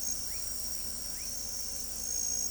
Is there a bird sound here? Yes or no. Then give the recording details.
no. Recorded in pastures near Pivijay, Magdalena, Colombia, on 2 June 2023 at 23:30. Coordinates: 10.456, -74.369. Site P6-G026